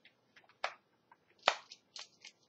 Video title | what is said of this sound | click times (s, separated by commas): April Drugstore Makeup Haul | know how this like clicks down well that doesn't click so it just kind of | none